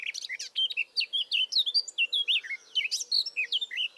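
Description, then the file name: Eurasian blackcap warbling continuously, quick chattering and fluty notes jumping up and down in pitch. "Sylvia atricapilla"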